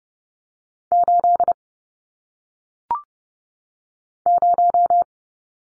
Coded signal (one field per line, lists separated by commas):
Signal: Morse code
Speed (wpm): 30 wpm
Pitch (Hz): 700 Hz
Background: none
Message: 8 0